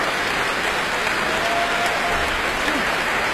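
crowd, audience applause

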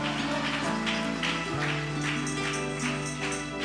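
crowd, audience applause

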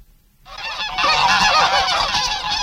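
bird, goose honking

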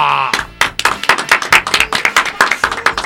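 crowd, applause

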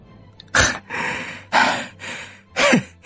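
human body sound, heavy panting breaths

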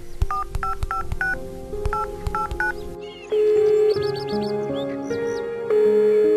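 signal or alarm, mobile phone dialing tones

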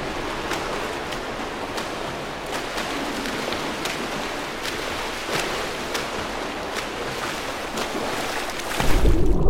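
nature, water splashing

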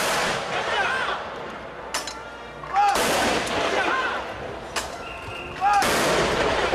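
impact, cannon fire

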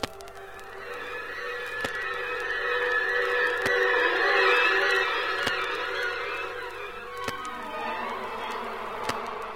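insect, bee buzzing

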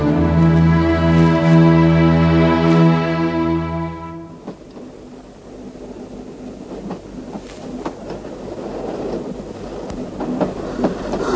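vehicle, train running on rails

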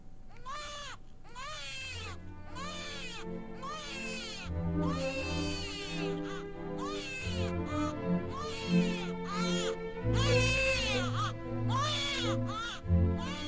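sound effect, baby crying heartbreakingly

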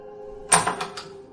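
sound effect, house door being opened

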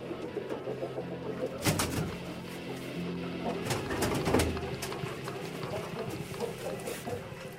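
bird, chickens clucking

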